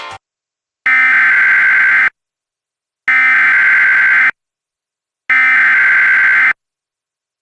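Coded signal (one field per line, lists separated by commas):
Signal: Emergency Alert System (SAME) tones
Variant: header bursts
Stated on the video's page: Mock test Severe Thunderstorm Warning for northeastern Illinois, a fictional recreation with valid tones.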